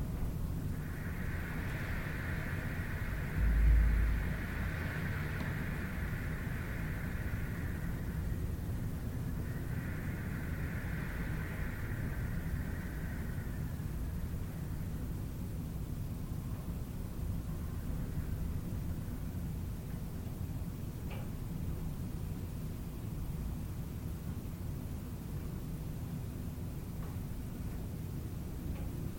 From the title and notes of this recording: Howling Winds - A Serene and Soothing Soundscape. The gentle and soothing sound of winds as they rustle through trees and across open fields.